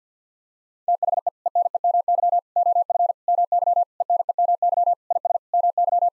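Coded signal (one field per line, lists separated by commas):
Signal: Morse code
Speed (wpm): 50 wpm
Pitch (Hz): 700 Hz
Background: none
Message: THE ENEMY OF MY ENEMY IS MY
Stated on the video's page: Morse head-copy drill of common eight-word English sequences sent at 50 wpm, each set sent, spoken, then sent again.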